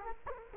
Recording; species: mosquito wingbeat signal from an infrared sensor; Culex quinquefasciatus